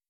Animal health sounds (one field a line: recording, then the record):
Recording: hydrophone in a shrimp aquaculture tank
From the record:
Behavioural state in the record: weakened